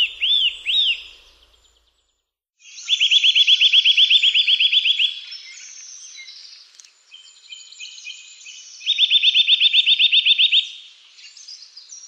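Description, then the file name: Eurasian nuthatch: arched whistles, then two long rapid trills of fast rising notes, with other birds chirping softly in the background. "KOWALIK"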